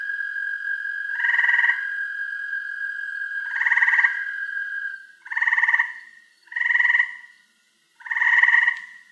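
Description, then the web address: Frog giving buzzy croaks, five in all, over a steady high whine that runs through the first five seconds or so and then stops. "log frogs"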